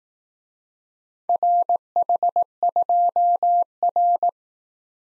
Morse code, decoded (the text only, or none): RH2R